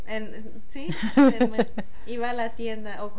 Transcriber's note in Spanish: risas